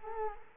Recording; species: mosquito wingbeat signal from an infrared sensor; Culex quinquefasciatus